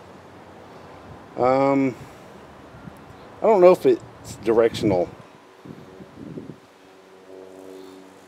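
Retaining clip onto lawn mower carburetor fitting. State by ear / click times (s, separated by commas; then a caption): not seated / none. Someone handles a plastic retaining clip at the carburetor fitting of a Briggs & Stratton 500E Series 140cc engine on a Bolens by MTD push lawn mower, working out which way it faces before fitting it. Someone talks in short bursts over a quiet background, followed by faint, low handling sounds. The clip is only being lined up, and nothing has snapped or clicked into place yet.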